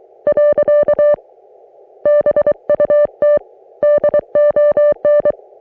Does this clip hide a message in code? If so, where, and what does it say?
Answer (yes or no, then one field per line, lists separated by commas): yes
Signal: Morse code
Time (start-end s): 0.3-5.3 s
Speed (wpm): 23 wpm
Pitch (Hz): 590 Hz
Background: music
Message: . BUT DON